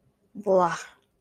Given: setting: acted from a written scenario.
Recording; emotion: vocal sound without words; disgust